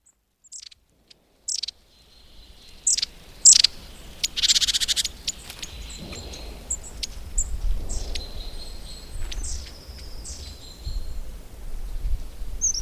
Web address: agykontroll Madardalok Cd 1. Őszapó